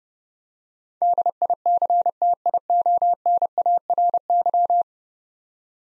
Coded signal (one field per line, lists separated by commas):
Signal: Morse code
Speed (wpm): 30 wpm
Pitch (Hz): 700 Hz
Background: none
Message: DICTIONARY